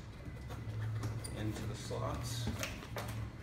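L-shaped cardboard locks on a folded display easel are handled, about to be pushed into their slots while someone talks over faint low hum and light handling noises. Nothing has seated or clicked yet.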